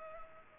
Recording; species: mosquito wingbeat signal from an infrared sensor; Culex pipiens